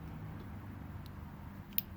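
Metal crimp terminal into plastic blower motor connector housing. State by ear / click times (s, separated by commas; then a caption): seated / 1.8 s. A metal crimp terminal, spread open, is pushed back into the plastic blower motor connector housing of a 1999 Chevy Silverado's AC/heater system. Over a low steady hum, faint ticks come at 1.1 s and 1.7 s, then one sharp click at 1.8 s as the terminal seats in the housing.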